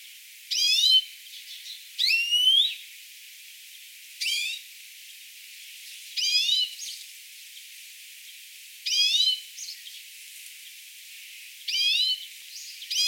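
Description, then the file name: European greenfinch calls, a mix of short trilled rising notes and one drawn-out wheeze, in irregular bursts with quieter notes between. "Chloris chloris"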